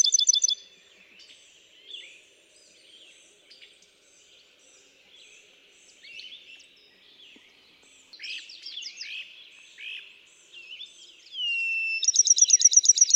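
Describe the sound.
Bachman's sparrow song: a trill at the start, then near the end a pure whistled note leading into a rapid trill, with softer notes between.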